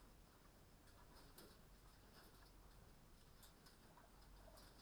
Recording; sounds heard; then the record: poultry house recording; healthy chickens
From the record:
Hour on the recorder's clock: 22